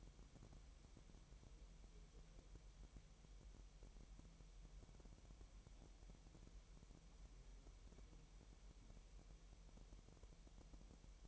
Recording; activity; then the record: daily activity, microphone in the room; wipe stove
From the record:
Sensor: 1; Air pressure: 1000.8 hPa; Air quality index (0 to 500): 249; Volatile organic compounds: 148 ppm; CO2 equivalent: 4015 ppm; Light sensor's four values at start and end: 11/28/11/12 and 12/28/11/12